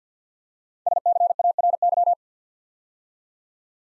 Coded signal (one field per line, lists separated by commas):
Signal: Morse code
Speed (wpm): 49 wpm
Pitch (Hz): 700 Hz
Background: none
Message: SCARY